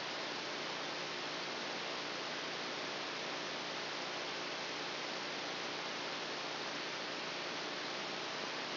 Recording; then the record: brain microelectrode recording played as sound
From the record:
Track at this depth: outside the subthalamic nucleus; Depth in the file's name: 5.305 mm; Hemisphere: left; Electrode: 2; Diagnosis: Parkinson's disease